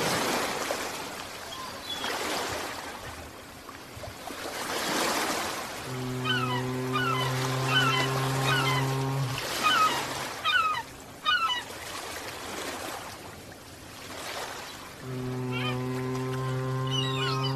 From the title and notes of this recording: The gentle rhythm of the waves. Soothing and calming sounds of ocean waves.